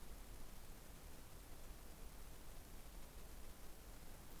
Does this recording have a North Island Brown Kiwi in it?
no